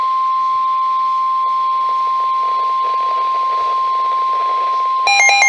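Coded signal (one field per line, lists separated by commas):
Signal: Emergency Alert System (SAME) tones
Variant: 1050 Hz attention tone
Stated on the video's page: NOAA Weather Radio alerts.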